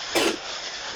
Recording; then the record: coughing mixed with background sound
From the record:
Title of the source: 61 morning phlegmy cough...again